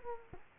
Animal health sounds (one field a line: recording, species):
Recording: mosquito wingbeat signal from an infrared sensor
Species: Culex quinquefasciatus